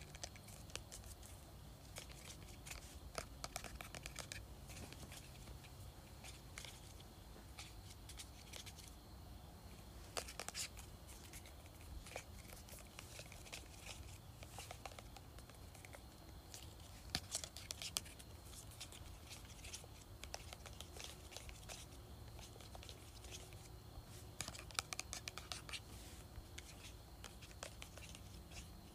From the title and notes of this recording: ASMR Tapping, Scratching, and Shaking Perfume Bottle.